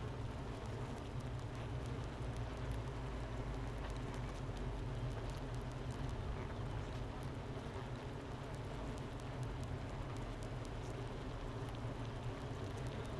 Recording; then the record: honeybee colony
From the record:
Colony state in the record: missing queen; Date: 31 May 2018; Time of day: 10:36